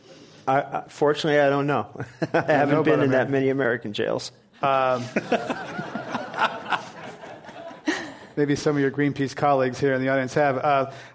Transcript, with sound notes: Fortunately, I don’t know. I haven’t been in that many American jails.
[Laughter]
Maybe some of your Greenpeace colleagues here in the audience have.